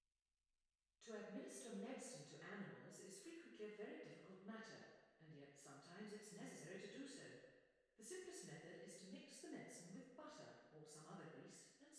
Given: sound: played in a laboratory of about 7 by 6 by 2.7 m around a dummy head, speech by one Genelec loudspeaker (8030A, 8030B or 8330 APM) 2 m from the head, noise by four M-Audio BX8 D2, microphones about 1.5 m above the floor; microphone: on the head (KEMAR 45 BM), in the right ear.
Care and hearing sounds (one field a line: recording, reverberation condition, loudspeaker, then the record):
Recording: female speech in English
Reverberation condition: high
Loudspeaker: 60 degrees to the left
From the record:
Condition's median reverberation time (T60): about 1300 ms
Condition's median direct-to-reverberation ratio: about -4.0 dB